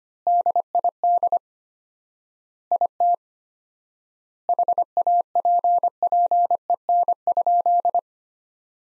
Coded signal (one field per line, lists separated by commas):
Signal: Morse code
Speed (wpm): 25 wpm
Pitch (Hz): 700 Hz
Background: none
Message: DID IT HAPPEN?